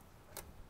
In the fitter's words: there you go just push it on till you hear that satisfying click